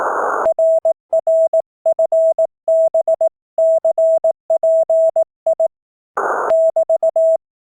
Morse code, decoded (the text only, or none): RR FB CPI <BT>